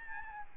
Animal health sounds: mosquito wingbeat signal from an infrared sensor; Aedes albopictus

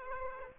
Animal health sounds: mosquito wingbeat signal from an infrared sensor; Aedes aegypti

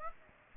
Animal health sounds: mosquito wingbeat signal from an infrared sensor; Aedes aegypti

